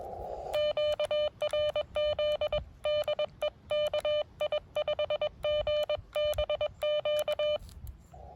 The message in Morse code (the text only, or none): QRZ DE KI5GBQ